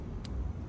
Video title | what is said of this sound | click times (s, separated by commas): LED wheel lights install Can am Ryker 900Sport | Hear the click. | 0.2 s